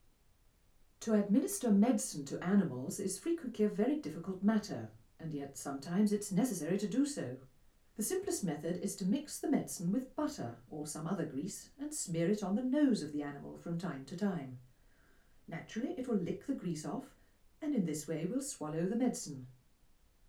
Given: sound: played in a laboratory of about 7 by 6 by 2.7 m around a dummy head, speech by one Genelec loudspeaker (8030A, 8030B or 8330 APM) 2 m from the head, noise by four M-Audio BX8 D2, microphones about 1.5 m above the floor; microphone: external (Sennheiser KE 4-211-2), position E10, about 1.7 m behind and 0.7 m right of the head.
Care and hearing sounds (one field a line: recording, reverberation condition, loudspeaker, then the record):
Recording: female speech in English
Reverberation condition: low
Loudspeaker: 120 degrees to the left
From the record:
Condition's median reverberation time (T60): about 310 ms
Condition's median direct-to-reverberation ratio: about 3.5 dB